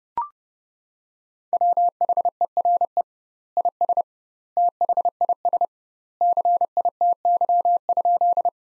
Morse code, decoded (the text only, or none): WHERE IS THIS CITY?